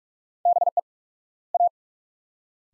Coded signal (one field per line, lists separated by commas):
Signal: Morse code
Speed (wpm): 47 wpm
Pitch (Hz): 700 Hz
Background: none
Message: BE A